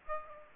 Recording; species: mosquito wingbeat signal from an infrared sensor; Aedes aegypti